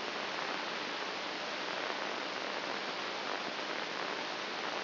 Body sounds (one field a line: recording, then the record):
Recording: brain microelectrode recording played as sound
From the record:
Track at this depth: outside the subthalamic nucleus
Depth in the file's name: 2.337 mm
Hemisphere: left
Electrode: 2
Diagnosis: Parkinson's disease